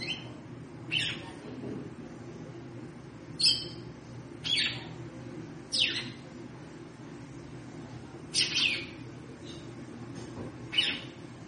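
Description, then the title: Red-cowled cardinal giving sharp, bright chip notes spaced irregularly, over a steady low background hum. Female bird, described as 'triculando' and 'batendo fogo', apparently calling to stimulate the male. "Canto Galo Campina Fêmea. Fêmea de GALO DE CAMPINA - TRICULANDO,BATENDO FOGO PRA ESQUENTAR O MACHO??"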